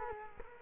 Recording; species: mosquito wingbeat signal from an infrared sensor; Culex quinquefasciatus